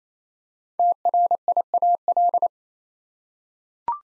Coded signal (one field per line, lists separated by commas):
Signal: Morse code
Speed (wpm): 29 wpm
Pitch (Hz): 700 Hz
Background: none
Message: TRIAL